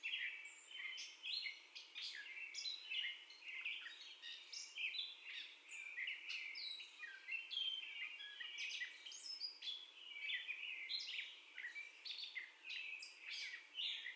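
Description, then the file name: Catbird song, a steady stream of varied squeaks, mews and chattering notes with no long breaks throughout. First song, recorded 30 May 2021 at 04:48. "2021-05-30 Catbird First Song"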